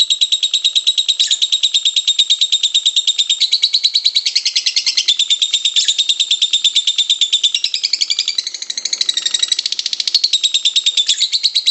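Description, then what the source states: Lovebird producing an unbroken, very rapid chattering trill of high buzzy notes, slightly varying in tone throughout. Pet lovebird's long ngekek trilling song, used as a master recording to train other birds to sing and to prompt them (kicau pancingan).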